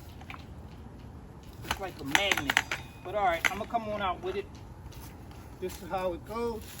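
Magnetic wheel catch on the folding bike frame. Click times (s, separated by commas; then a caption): 0.3 s. A wheel is pulled out of the magnetic catch that holds a folded bike together, and the catch clicks open at 0.3 s. Afterward someone talks.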